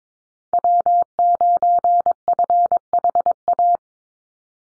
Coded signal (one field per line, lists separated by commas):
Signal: Morse code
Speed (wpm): 22 wpm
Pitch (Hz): 700 Hz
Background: none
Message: W9FHA